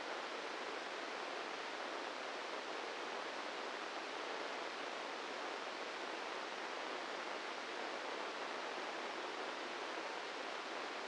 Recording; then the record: brain microelectrode recording played as sound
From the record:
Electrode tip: inside the subthalamic nucleus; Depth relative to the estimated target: -4 mm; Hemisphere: left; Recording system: NeuroSet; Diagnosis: Parkinson's disease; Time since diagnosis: 8 years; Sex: male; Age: 46 years